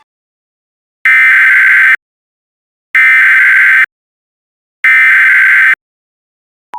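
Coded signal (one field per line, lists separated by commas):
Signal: Emergency Alert System (SAME) tones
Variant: header bursts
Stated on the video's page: Fictional EAS scenario audio drama.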